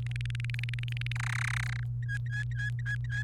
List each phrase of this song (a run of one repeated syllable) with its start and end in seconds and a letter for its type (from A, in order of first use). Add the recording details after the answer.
0.07-1.12 A, 1.16-1.80 B, 2.02-3.23 C. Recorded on 29 April 2018 at 14:39. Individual llb3